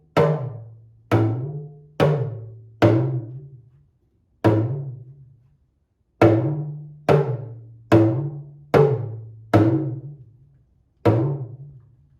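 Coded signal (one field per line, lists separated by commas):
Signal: talking drum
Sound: about eleven resonant low drum strokes at uneven spacing, pitch slightly bending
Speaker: this drum here is called a talking drum this is joanne's drum she's a talker and watch [Music] see that it talks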